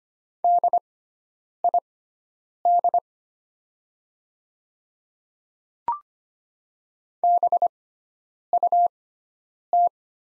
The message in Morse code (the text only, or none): DID BUT